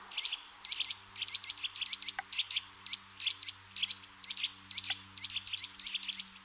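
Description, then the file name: Eurasian nuthatch calls, a rapid series of sharp, high, piping notes repeated in quick bursts throughout, with faint low hum beneath. "Sitta europaea"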